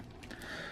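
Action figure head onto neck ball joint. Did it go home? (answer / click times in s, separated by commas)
no / none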